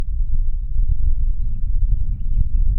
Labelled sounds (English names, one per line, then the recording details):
House Finch song
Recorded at Babylon on Long Island, New York, on 21 May 1975
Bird A